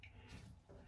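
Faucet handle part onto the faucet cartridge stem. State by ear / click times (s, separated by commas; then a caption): not seated / none. A plastic handle part of a cleaned Delta globe-style faucet handle is pressed onto the faucet cartridge stem during reassembly, with only a faint soft tap at the very start and low handling noise throughout. The part sits sideways instead of popping into place, so nothing has seated or clicked yet.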